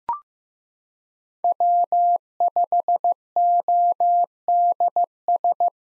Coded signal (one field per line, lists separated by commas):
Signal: Morse code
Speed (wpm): 15 wpm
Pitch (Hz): 700 Hz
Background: none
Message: W5ODS